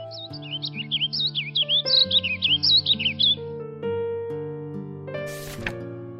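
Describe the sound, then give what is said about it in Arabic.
A small sparrow that has alighted on a tree branch chirps in a quick run of high, twittering notes for about three seconds over sustained, soft music, which then carries on alone, ending with a brief hissy swell. “ذات يوم وبينما كانت الشجرة مستغرقة في التفكير، حط على غصنها عصفور صغير.”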